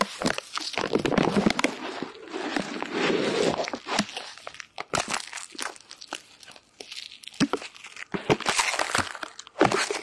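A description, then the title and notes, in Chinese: Ear cleaning with no voice: dense, crackly scratching and rustling fills the first four seconds, with a soft, muffled rumble underneath. After that the sounds thin into separate sharp clicks, scrapes and brief crinkly bursts, coming irregularly until the end. 掏耳无人声助眠。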